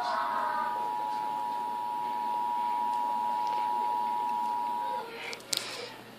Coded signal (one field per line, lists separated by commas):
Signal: Emergency Alert System (SAME) tones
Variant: 853 and 960 Hz attention tone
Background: speech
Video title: eas eaa march 10 2017